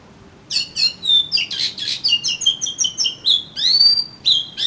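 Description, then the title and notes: Oriental magpie-robin song: a fast, continuous run of varied whistled notes mixed with harsh, scratchy chirps, with a longer rising whistle near the end. Indonesian name kacer; a collection of kacer bird sounds. "suara kacer. kumpulan suara burung kacer"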